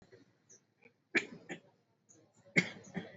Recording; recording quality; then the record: shallow voluntary cough; moderate, slight background noise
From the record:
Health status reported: exposed to COVID-19, no respiratory illness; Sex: male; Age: 30 years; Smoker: no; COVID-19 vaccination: both doses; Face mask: worn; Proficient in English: yes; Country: India